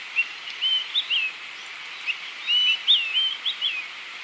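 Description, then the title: Bird song of quick, bright chirps and short warbled phrases in two bursts, over a steady hiss. "LuckyPassaro Completos2Sama"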